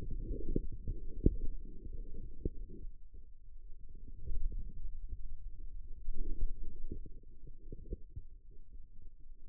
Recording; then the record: forearm muscle sounds (acoustic myography)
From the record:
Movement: wrist flexion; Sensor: system 2, bracelet of six BSWA MPA416 microphones around the upper forearm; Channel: 5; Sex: male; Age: 22 years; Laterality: right